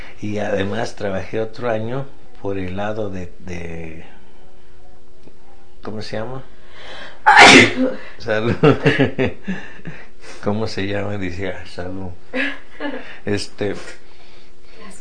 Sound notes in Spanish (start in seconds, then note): 7.2 estornudo; 8.6 risas